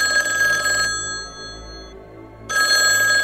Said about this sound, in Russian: Вдруг в комнате раздался звонок телефона, мерзкий, нудный, совсем неуместный.